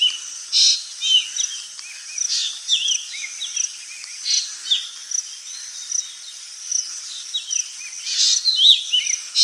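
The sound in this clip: Birds chirping, a lively mix of quick high twittering and curved whistled notes in repeated bursts.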